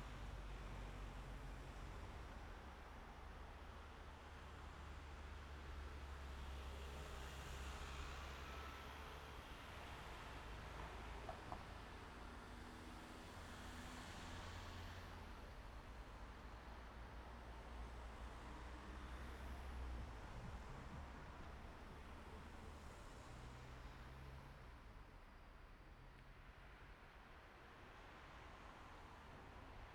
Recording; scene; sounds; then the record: everyday scene through a hearing-aid microphone; in traffic; traffic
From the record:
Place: main road on the outskirts, rush hour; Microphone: behind the ear, right, rear